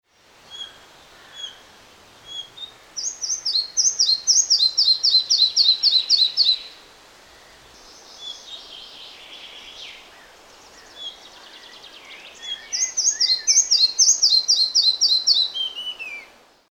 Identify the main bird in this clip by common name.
Red-breasted Flycatcher